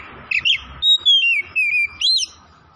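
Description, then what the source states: Oriental magpie-robin giving a brief run of clear, sliding whistled notes. Kacer singing vigorously (gacor) from Tretes.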